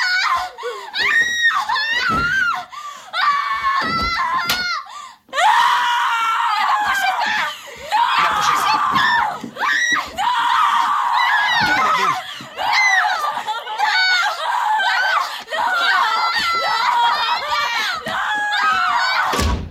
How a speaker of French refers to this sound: vous écoutez bien les cris de l'enfer, les cris du film L'Exorciste de William Friedkin de 1974